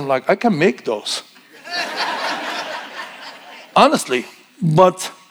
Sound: audience laughing